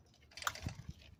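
The rear ABS wheel speed sensor plug on a 2017-2020 Hyundai Elantra is pushed into its plastic wiring harness connector during a rear hub bearing replacement. Soft rustling and handling noises surround a sharp, bright click at 0.5 s, followed by a few quieter knocks. The connector clicks in and is seated.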